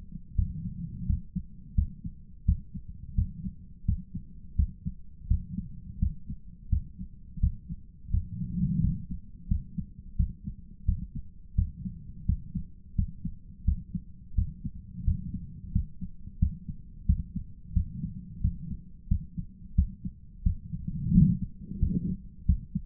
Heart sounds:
heart sounds by stethoscope; 87 bpm
0.34 s: heartbeat
1.05 s: heartbeat
1.74 s: heartbeat
2.44 s: heartbeat
3.14 s: heartbeat
3.84 s: heartbeat
4.55 s: heartbeat
5.27 s: heartbeat
5.98 s: heartbeat
6.68 s: heartbeat
7.39 s: heartbeat
8.10 s: heartbeat
8.80 s: heartbeat
9.47 s: heartbeat
10.15 s: heartbeat
10.84 s: heartbeat
11.54 s: heartbeat
12.25 s: heartbeat
12.94 s: heartbeat
13.64 s: heartbeat
14.34 s: heartbeat
15.03 s: heartbeat
15.71 s: heartbeat
16.38 s: heartbeat
17.05 s: heartbeat
17.72 s: heartbeat
18.40 s: heartbeat
19.07 s: heartbeat
19.74 s: heartbeat
20.42 s: heartbeat
21.11 s: heartbeat
21.78 s: heartbeat
22.45 s: heartbeat
From the record:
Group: healthy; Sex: male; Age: 57 years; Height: 188 cm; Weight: 106 kg

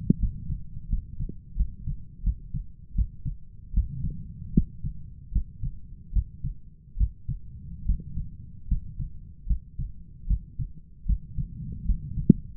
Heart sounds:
heart sounds by stethoscope; 77 bpm
0.19 s: heartbeat
0.89 s: heartbeat
1.56 s: heartbeat
2.23 s: heartbeat
2.95 s: heartbeat
3.74 s: heartbeat
4.54 s: heartbeat
5.32 s: heartbeat
6.13 s: heartbeat
6.97 s: heartbeat
7.86 s: heartbeat
8.68 s: heartbeat
9.47 s: heartbeat
10.27 s: heartbeat
11.06 s: heartbeat
11.86 s: heartbeat
From the record:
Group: healthy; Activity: rest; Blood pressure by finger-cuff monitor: 121/67 mmHg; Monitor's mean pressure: 78 mmHg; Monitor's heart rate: 76 bpm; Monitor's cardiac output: 7.1 L/min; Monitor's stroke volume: 94 mL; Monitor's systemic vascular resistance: 800 dyn s/cm5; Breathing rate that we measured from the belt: 15 breaths a minute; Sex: male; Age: 23 years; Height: 179 cm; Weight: 87 kg

